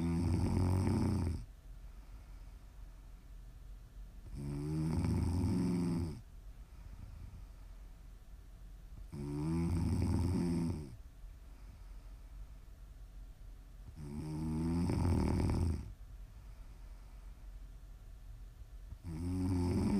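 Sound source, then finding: Adult, asleep. Snoring.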